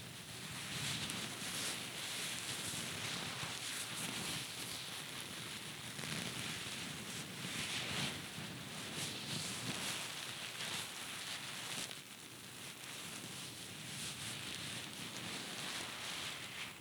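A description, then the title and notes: A napkin is scratched and rubbed in a dense, steady, crackly rustle, briefly easing around twelve seconds before continuing. Scratchy Sounds of a Napkin.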